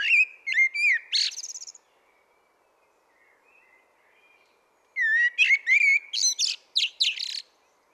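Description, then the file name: Common blackbird giving a short fluted phrase with a squeaky ending, then after a pause a longer warbling phrase full of high, scratchy twitters. "Turdus merula"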